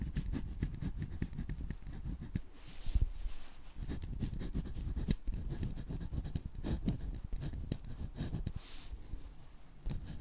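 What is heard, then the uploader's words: Pen scratching across paper in quick, uneven strokes, with sharp taps and brief brighter scrapes every second or two over a low rumbling bed. Pure Writing Sounds ASMR Satisfying • Glass • Fountain • Ballpoint • Gel.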